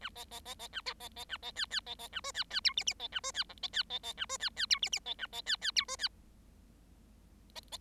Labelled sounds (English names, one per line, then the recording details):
Bengalese Finch song
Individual Bird7